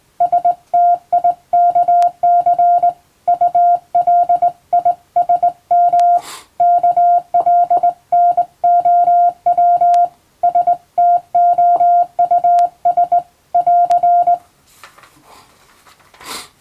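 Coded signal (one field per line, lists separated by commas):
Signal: Morse code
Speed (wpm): 20 wpm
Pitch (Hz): 700 Hz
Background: none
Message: STIKC ULISM KLNOW STOUS <AR>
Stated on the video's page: Morse code practice for the Japanese radio operator licence at 16 wpm.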